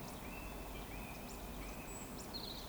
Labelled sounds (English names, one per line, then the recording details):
Eurasian Woodcock whistle
Eurasian Woodcock chase call
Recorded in Baden-Württemberg, Germany, on 11 June 2020 at 19:38 UTC
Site 14569, 102 m above sea level